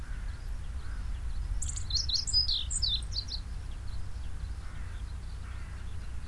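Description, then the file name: Japanese tit with a single burst of rapid, high chattering notes lasting about one and a half seconds, then only low rumbling background noise. "shijyukara"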